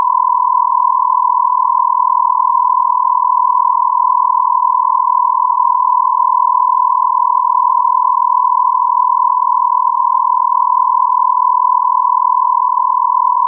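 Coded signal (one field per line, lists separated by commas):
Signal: radio time signal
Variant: Beta, RJH77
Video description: 09:46 : On-off (40 Hz)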